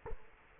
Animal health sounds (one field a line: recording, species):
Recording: mosquito wingbeat signal from an infrared sensor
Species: Culex quinquefasciatus